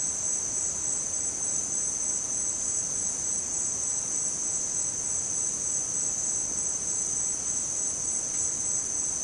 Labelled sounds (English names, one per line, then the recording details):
none
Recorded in dense forest near Puerto Asís, Putumayo, Colombia, on 23 June 2025 at 17:30
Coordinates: 0.484, -76.317
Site G045